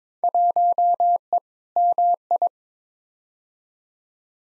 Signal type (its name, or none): Morse code